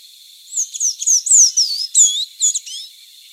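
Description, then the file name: Sayaca tanager giving a rapid run of thin, squeaky, slurred high notes, some rising and some falling, over a constant high hum. Recorded at Quinto Potrero on 9 September 2001. "Thraupissayaca Quinto Potrero 9 SEP 01"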